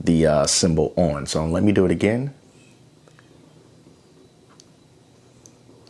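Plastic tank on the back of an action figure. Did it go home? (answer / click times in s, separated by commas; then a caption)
released / 4.6 s, 5.5 s. Someone talks, then the plastic tank on the back of a McFarlane Toys DC Multiverse Gold Label Hazmat Suit Batman action figure is lifted and moved back. It gives small sharp clicks at 4.6 s and 5.5 s as it releases to the off position, switching the light-up symbol off.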